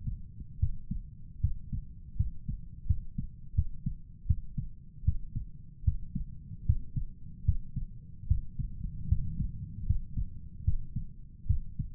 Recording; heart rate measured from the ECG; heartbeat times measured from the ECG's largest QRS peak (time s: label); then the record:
heart sounds by stethoscope; 77 bpm
0.59 s: heartbeat
1.40 s: heartbeat
2.16 s: heartbeat
2.86 s: heartbeat
3.54 s: heartbeat
4.26 s: heartbeat
5.04 s: heartbeat
5.84 s: heartbeat
6.65 s: heartbeat
7.44 s: heartbeat
8.27 s: heartbeat
9.08 s: heartbeat
9.86 s: heartbeat
10.64 s: heartbeat
11.46 s: heartbeat
From the record:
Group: healthy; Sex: male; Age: 35 years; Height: 178 cm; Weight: 64 kg